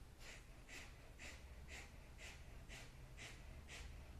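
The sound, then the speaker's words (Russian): Quick, forceful breaths puffed out in a steady rhythm during a breathing exercise, about two per second, eight sharp huffs in a row over a low background hum, with no talking. “Вот скажем вам 2 суток пыхтеть так, вы 2 суток сможете.”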